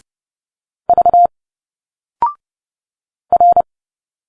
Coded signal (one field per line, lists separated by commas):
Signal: Morse code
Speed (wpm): 30 wpm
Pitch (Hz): 700 Hz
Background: none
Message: V R